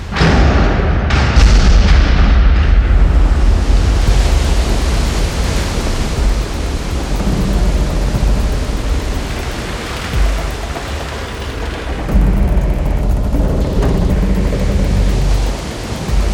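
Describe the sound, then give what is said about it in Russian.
An explosive capsule detonates underwater in a deep blast that erupts into a long, loud roar of churning, splashing water as a high wave is thrown up, swelling again near the end, with no voices. “Силой взрыва в его сторону понесло довольно высокую волну, но этот поток не причинил мужчине ощутимых неудобств.”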